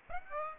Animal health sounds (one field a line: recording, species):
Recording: mosquito wingbeat signal from an infrared sensor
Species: Aedes aegypti